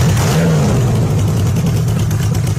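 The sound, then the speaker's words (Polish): A motorcycle engine revs loudly, its deep throaty rumble climbing briefly in pitch early on, then holding a steady, rough drone throughout with no voices. “Ja nigdy nie jeździłem na motorze. Nie wiem, czy to wygodne.”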